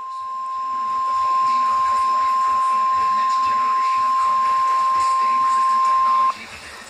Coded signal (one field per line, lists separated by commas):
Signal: Emergency Alert System (SAME) tones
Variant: 1050 Hz attention tone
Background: speech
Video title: Severe Thunderstorm Warning for Southeastern Counties - SVR - EAS #24